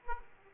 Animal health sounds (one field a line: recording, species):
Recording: mosquito wingbeat signal from an infrared sensor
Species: Aedes aegypti